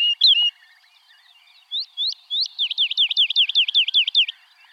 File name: Alouette lulu